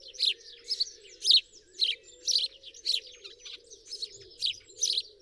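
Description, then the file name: House sparrow chirping in an irregular series, roughly two calls a second, some notes overlapping, with a low wavering tone in the background. "Passer domesticus"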